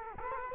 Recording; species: mosquito wingbeat signal from an infrared sensor; Culex quinquefasciatus